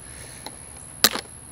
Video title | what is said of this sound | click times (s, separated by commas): TR Industrial Helmet Assembly (Showing the tips and tricks) | we go and it just plop pops into place if | 1.0 s